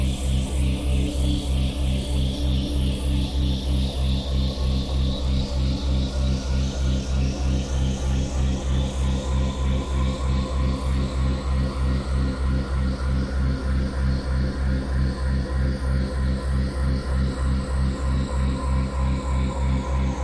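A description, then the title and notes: A full-spectrum binaural tone built on a low C# drone, with a steady, fast, even pulsing beat running throughout. Stacked low tones hum beneath a bright, hissy wash of higher sound that stays constant for the whole twenty seconds. It's a full-spectrum binaural, meaning everything in the right channel (not just the binaural tone) is shifted up to create the 3.2 Hz binaural beat. C#65.4Hz Full-Spectrum δ 3.2Hz.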